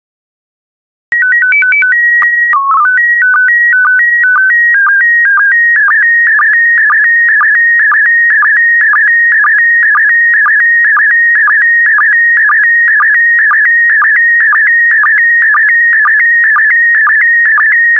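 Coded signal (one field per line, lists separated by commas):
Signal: SSTV (slow-scan television)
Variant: PD120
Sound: opening header tones, then a steady warbling whine with regular ticking sync pulses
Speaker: complete you can now check your decoded image against the picture that is shown on the video that concludes the daily transmission of slow scan tv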